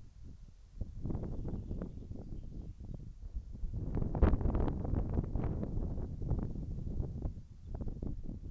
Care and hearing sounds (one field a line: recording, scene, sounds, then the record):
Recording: everyday scene through a hearing-aid microphone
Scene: wind on the microphone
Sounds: squally wind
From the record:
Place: in front of a rural house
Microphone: behind the ear, right, rear